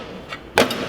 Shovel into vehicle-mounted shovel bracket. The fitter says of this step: And this just, now that this is all securely mounted up on there, that's just going to pop into place there.